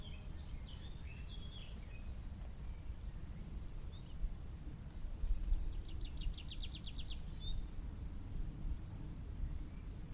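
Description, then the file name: Tree pipit song: a short burst of quickly repeated high notes midway, after some faint chirps, against steady low-pitched background noise. "Prispolone"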